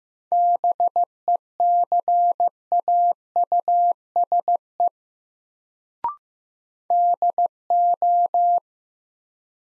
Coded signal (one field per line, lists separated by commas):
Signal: Morse code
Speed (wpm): 15 wpm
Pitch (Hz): 700 Hz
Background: none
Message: BECAUSE DO